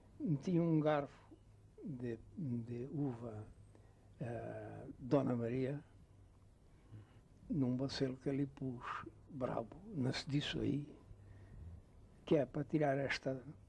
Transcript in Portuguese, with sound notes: Meti um garfo de de uva-dona-maria [pausa] num bacelo que ali pus, bravo – não se disse aí? – que é para tirar esta